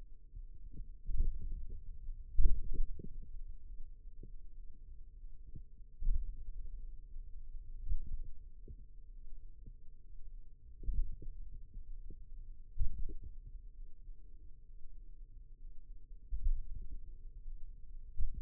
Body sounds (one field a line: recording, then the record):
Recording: forearm muscle sounds (acoustic myography)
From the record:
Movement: pen grasping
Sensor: system 2, bracelet of six BSWA MPA416 microphones around the upper forearm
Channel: 4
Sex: male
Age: 22 years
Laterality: right